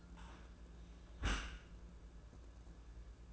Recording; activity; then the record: daily activity, microphone in the room; close dishwasher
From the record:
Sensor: 2